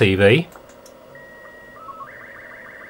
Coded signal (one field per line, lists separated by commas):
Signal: SSTV (slow-scan television)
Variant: Robot 36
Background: speech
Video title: FT-991A SSTV